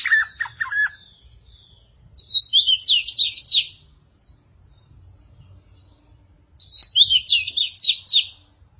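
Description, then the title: Magpie-robin or shama song: brief harsh chatter, then two long bursts of rapid, high, jumbled twittering notes with a quiet gap between them. "Suara Burung Murai"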